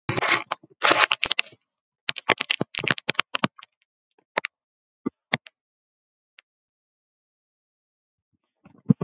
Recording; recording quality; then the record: shallow breathing; poor, much background noise or distortion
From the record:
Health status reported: COVID-19 positive, mild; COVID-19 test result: positive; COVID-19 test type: RT-PCR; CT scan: taken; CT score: 4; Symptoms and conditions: muscle pain, diabetes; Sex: female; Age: 59 years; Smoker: no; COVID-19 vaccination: both doses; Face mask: worn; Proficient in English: yes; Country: India